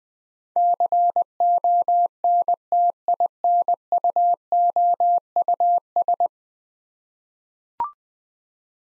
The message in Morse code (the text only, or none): CONTINUOUS